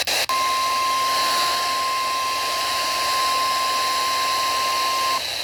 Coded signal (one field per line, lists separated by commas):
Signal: Emergency Alert System (SAME) tones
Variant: 1050 Hz attention tone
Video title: EAS #156-158 Severe Thunderstorm Warning on WRKV, WNG706, and WRCQ